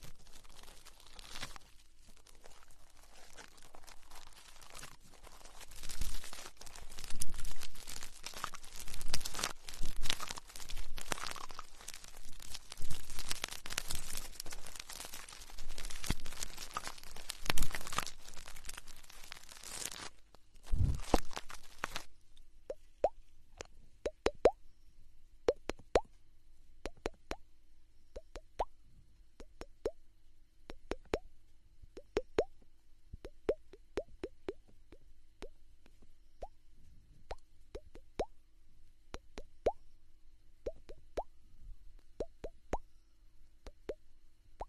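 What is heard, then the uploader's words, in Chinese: Ear cleaning performed by two people, with dense crackling and rustling scratches filling roughly the first twenty seconds. After that the busy texture stops, leaving quiet gaps broken by sparse, irregular soft taps and small plopping clicks until the end. 双人采耳。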